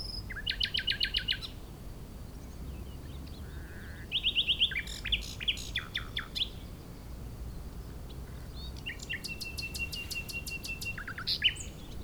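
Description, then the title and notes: Common nightingale song: rapidly repeated pulsed trills in three bursts separated by pauses, mixed with whistled slurs, over low wind noise. Chindrieux, France; nightingale season in full swing; sunny day; fairly strong west wind; singer hidden in scrub; Zoom H4n Pro on the ground tens of metres from singer, in a small valley away from motorbike traffic. "Chindrieux, France - Rossignol. La saison des rossignols bat son plein"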